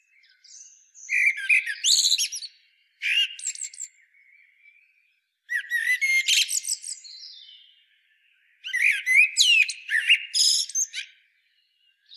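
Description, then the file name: Common blackbird song, four bursts of high, scratchy twittering phrases with short silent gaps between them. "Turdus merula"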